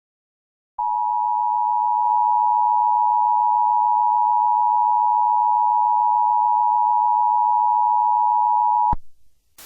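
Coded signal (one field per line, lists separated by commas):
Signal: Emergency Alert System (SAME) tones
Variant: 853 and 960 Hz attention tone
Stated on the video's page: Fictional Australian EAS scenario.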